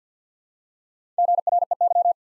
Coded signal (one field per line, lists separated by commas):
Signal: Morse code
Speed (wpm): 48 wpm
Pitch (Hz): 700 Hz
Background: none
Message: GREY